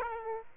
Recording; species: mosquito wingbeat signal from an infrared sensor; Aedes aegypti